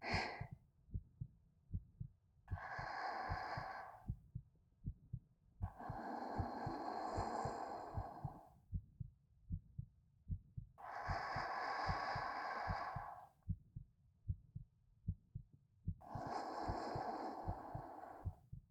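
Steady, soft low heartbeat thumps continue beneath four slow, airy breaths in and out, heard close to an adult woman's chest.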